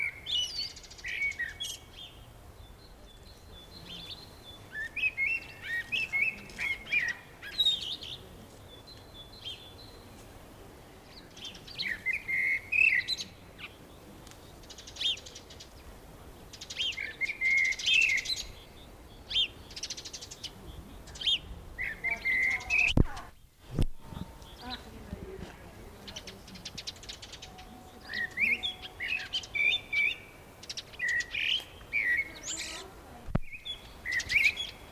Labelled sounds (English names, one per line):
Common Blackbird